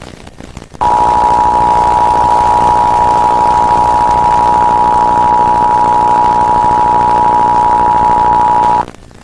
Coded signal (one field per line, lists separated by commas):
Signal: Emergency Alert System (SAME) tones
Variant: 853 and 960 Hz attention tone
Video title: AGirlJennifier EAS (Real) PART 2